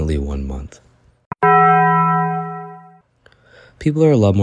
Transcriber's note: sound effect: Taco Bell bell